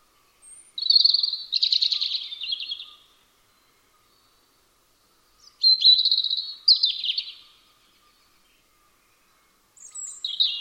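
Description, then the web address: European robin singing short phrases of high, thin, warbling notes with trills, each about two seconds long, separated by pauses of a few seconds. "Deverinetal 2025 File origin Bird Only Er Ru"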